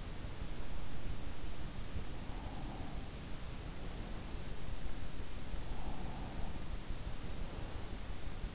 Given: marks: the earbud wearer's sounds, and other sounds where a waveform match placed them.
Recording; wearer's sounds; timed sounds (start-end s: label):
sounds in sleep by an in-ear microphone; breath
2.07-3.84 s: breath
5.15-7.10 s: breath